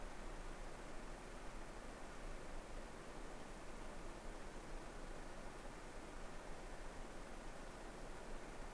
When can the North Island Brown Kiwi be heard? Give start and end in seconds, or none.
none